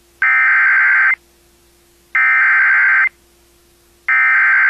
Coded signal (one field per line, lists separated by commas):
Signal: Emergency Alert System (SAME) tones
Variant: header bursts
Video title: VERY DANGEROUS STORM INDEED... EAS Alerts from 4/27/21 (EAS #273-276)